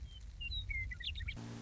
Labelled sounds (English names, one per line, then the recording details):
Western Meadowlark
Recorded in Sonoma County, California